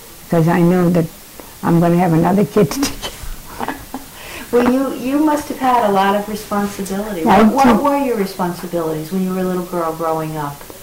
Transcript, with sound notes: cause I know that I'm gonna have another kid to take care of (laughs)
(laughing) Well you, you must have had a lot of responsibility...
I did.
What were your responsibilities when you were a little girl growing up?